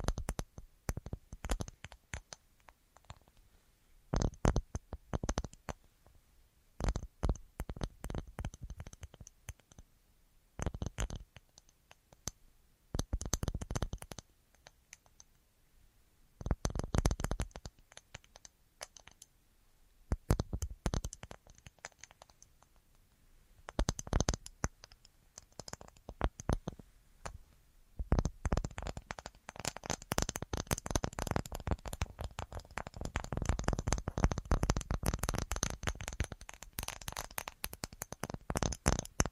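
Tapping in uneven bursts of quick clicks separated by short pauses, turning into a dense, continuous patter after about 28 seconds.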